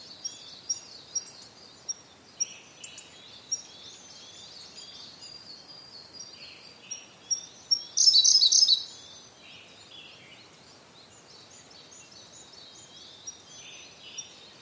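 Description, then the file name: Siberian blue robin singing: a run of sharp, high ticks that quickens, then a bright, fast trill lasting about a second, and more quiet ticks afterward. "koruri"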